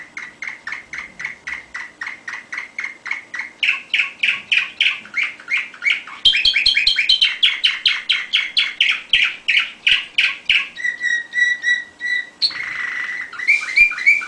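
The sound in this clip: Canary song: a continuous stream of fast rolling tours, repeated chirps shifting between lower and higher phrases, with a faint steady hum.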